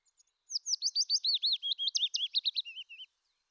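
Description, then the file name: Willow warbler song: a single gentle run of whistled notes sliding down the scale over two and a half seconds, finishing with a few lower slurred notes. "fitis"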